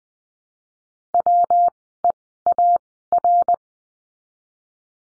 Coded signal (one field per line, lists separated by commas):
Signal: Morse code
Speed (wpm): 20 wpm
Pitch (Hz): 700 Hz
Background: none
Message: WEAR